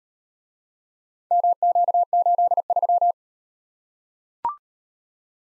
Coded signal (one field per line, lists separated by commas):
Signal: Morse code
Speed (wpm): 38 wpm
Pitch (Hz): 700 Hz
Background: none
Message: MQ83